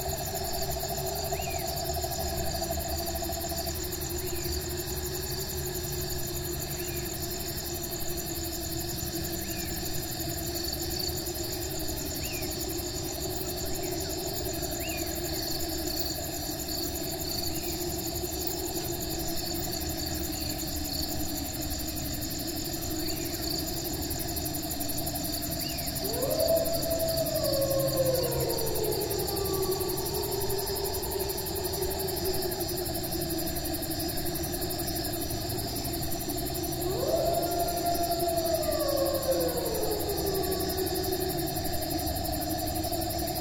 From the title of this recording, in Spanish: Animales Nocturnos